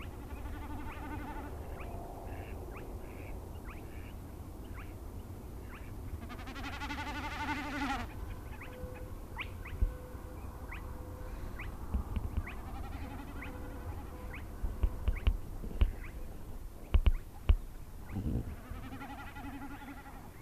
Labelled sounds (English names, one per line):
Common Snipe bleating